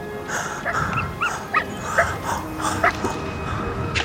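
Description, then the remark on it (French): Young wolves of a pack in the tundra whimper and yip while tugging at a man's trousers with their mouths, in a string of short, high-pitched cries that come at an uneven pace over a steady low rumble of background noise. “Les plus jeunes loups, curieux, viennent tirer son pantalon avec leur gueule.”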